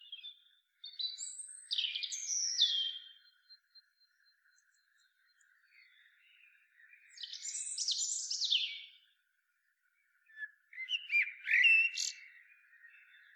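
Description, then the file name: Common blackbird song with high thin strained notes and a fluty warble near the end. "Turdus merula"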